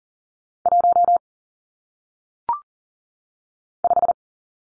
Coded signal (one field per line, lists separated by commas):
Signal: Morse code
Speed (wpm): 40 wpm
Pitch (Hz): 700 Hz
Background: none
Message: 1 5